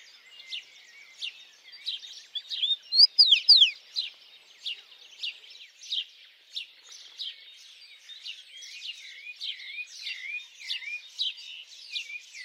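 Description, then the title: Birds singing in a busy chorus, many high chirps and trills overlapping, with a repeated looping whistled phrase near the end and a louder burst around three seconds. Birds singing at dawn. "Pássaros Cantando No Amanhecer"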